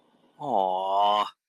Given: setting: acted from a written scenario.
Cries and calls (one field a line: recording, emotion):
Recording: vocal sound without words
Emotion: adoration